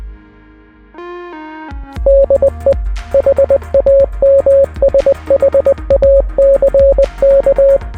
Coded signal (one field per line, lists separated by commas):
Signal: Morse code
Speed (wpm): 20 wpm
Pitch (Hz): 550 Hz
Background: music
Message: DE HAMSHACK